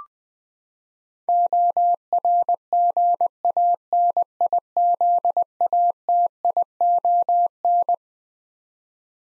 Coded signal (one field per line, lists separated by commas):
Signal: Morse code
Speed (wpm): 20 wpm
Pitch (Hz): 700 Hz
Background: none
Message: ORGANIZATION